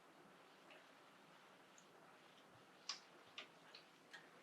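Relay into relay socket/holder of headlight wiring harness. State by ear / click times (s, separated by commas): not seated / none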